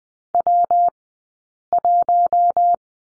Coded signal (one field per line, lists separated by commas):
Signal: Morse code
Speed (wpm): 20 wpm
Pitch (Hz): 700 Hz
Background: none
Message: W1